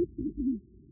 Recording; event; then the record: neck accelerometer signal played as sound; no cough (speech, laughter, throat clearing or background)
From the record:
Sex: female